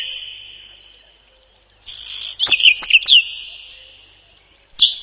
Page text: Луговой чекан — Saxicola rubetra